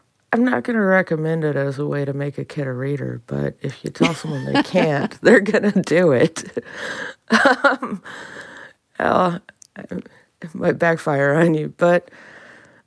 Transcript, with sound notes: I'm not going to recommend it as a way to make a kid a reader. But if you tell someone they can't, they're going to do it.
(LAUGHTER)
It might backfire on you. But